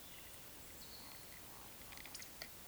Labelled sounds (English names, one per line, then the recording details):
Eurasian Woodcock whistle
Eurasian Woodcock croak
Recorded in Baden-Württemberg, Germany, on 11 June 2021 at 20:05 UTC
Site 24606, 635 m above sea level